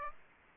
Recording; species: mosquito wingbeat signal from an infrared sensor; Aedes aegypti